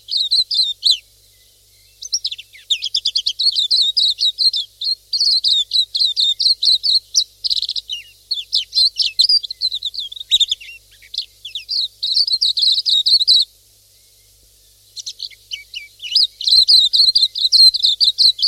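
Pleci silvereye calls, sustained high twittering chatter running for many seconds, pausing briefly near the start and again late on, then resuming in quick bursts.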